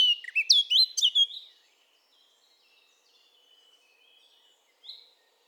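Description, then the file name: Eurasian blackcap song: a loud burst of clear, fluty whistled notes in the first second and a half, then near silence with one short soft note near the end. "Sylvia atricapilla"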